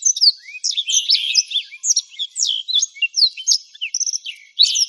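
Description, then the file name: Black-throated canary song of quick, varied high chirps, slurred whistles and brief trills tumbling together, stopping briefly just before the end. "suara burung blackthroat"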